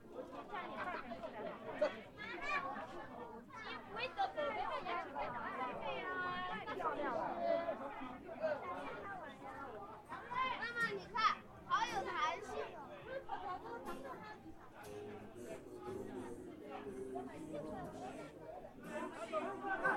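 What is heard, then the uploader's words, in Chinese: Crowd sounds at Hongyadong in Chongqing: many voices talk over one another in a dense, continuous chatter for the full twenty seconds. Higher voices, possibly children, rise out of the mix now and then, with brief louder peaks around two, eleven and nineteen seconds. 重庆洪崖洞。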